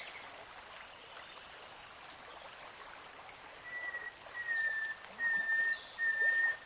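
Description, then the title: Nightingale song: faint high notes, then several long, steady, pure whistles over steady background noise. Singing, from a three-hour real-time recording. "[Tiếng chim hót] Nightingale Singing"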